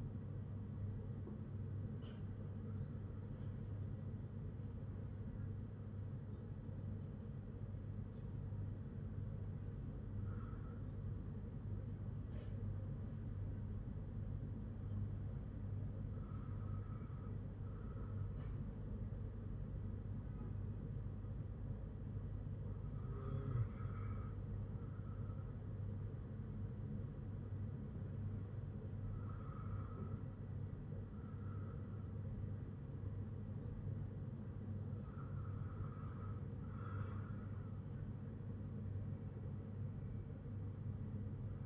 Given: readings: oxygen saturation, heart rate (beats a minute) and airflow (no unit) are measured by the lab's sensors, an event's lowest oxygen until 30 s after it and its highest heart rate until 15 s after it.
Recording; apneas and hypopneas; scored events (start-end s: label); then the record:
breathing in sleep by a smartphone at the bedside; none
none scored
From the record:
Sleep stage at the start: N1 (lightest sleep); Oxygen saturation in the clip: 95 to 97%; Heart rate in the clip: 52 to 58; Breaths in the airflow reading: 7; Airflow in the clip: -3.6 to 3.8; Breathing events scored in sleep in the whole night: 182 in 7.4 hours asleep